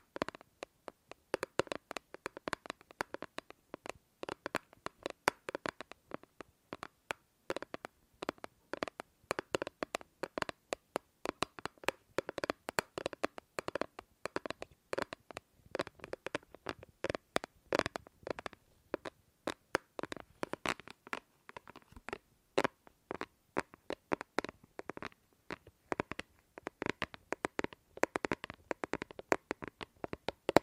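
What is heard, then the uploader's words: Tapping on several objects, a dense run of sharp, crisp hits that keeps going for the whole stretch. The pace shifts between quick flurries and slightly sparser patches, with brighter, louder taps clustering around the middle and final third. ASMR Fast & Slow Tapping on 6 Objects No Talking.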